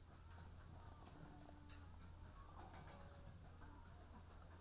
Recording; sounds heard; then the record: poultry house recording; sick chickens (respiratory disease)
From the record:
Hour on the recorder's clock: 18